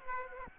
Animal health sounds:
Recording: mosquito wingbeat signal from an infrared sensor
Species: Aedes aegypti

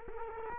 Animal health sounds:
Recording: mosquito wingbeat signal from an infrared sensor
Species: Culex quinquefasciatus

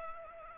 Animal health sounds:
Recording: mosquito wingbeat signal from an infrared sensor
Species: Culex pipiens

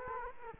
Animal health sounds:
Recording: mosquito wingbeat signal from an infrared sensor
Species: Culex quinquefasciatus

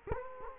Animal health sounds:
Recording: mosquito wingbeat signal from an infrared sensor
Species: Culex quinquefasciatus

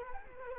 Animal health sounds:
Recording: mosquito wingbeat signal from an infrared sensor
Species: Culex quinquefasciatus

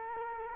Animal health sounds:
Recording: mosquito wingbeat signal from an infrared sensor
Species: Culex quinquefasciatus

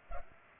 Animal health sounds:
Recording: mosquito wingbeat signal from an infrared sensor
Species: Culex pipiens

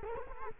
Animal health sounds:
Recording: mosquito wingbeat signal from an infrared sensor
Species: Culex quinquefasciatus

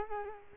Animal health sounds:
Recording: mosquito wingbeat signal from an infrared sensor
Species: Culex quinquefasciatus

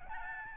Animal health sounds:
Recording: mosquito wingbeat signal from an infrared sensor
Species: Aedes albopictus

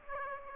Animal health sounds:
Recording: mosquito wingbeat signal from an infrared sensor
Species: Aedes aegypti

